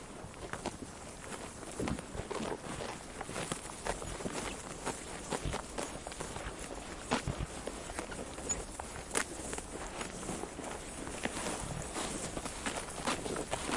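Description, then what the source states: Sheep tearing and chewing grass, many sharp snapping crunches over an ongoing crackling rustle. Sheep chewing while eating grass.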